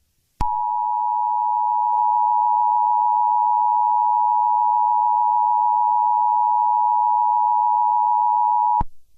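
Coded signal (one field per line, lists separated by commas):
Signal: Emergency Alert System (SAME) tones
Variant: 853 and 960 Hz attention tone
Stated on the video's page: Fictional scenario, not real.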